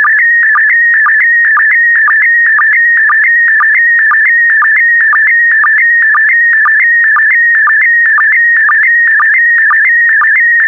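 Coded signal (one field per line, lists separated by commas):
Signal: SSTV (slow-scan television)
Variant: PD120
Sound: continuous warbling whistle near 2 kHz, with a short low blip about twice a second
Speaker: complete you can now check your decoded image against the picture that is shown on the video that concludes the daily transmission of slow scan tv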